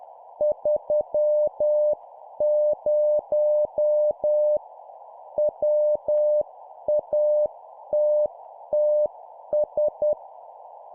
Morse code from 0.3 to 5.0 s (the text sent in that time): 30